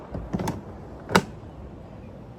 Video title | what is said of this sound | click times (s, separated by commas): SKIL PWR Core 40 Battery Operated Lawn Mower Assembly and Review | This is the battery. Snaps into place. One little clip and then it unsnaps. | 1.2 s